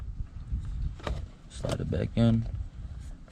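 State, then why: Not seated. An LED puddle light housing is handled and slid back toward its opening in the plastic door trim panel of a Dodge Charger, with soft handling and rustling sounds while someone talks. The housing has not seated or clicked into the panel yet.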